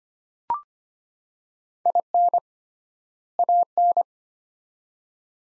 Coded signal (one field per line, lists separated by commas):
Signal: Morse code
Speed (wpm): 25 wpm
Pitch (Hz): 700 Hz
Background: none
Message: IN AN